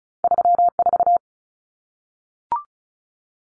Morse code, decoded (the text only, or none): 34